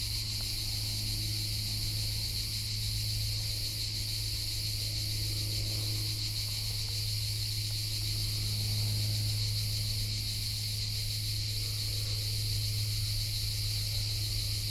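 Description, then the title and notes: Dense cricket chorus, shrill and continuous, with the top buzz pulsing slightly and a strong low hum throughout. Hundreds of crickets and cicadas in a pine grove in Collserola, morning, over 30 °C heat, binaural recording. "Grills Collserola. Esta mañana he hecho una parada en una pineda de Collserola a más de 30 grados. Asociamos el calor a los grillos y las cigarras y en esta grabación binaural se escuchan a cientos"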